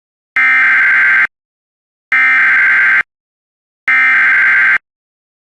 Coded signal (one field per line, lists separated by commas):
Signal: Emergency Alert System (SAME) tones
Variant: header bursts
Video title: EAS Recreation: FLASH FLOOD EMERGENCY for Knoxville, TN (2/23/2019)